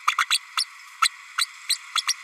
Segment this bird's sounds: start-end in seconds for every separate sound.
0.07-0.16, 0.18-0.26, 0.30-0.38, 0.57-0.65, 1.01-1.09, 1.38-1.46, 1.69-1.76, 1.95-2.02, 2.07-2.13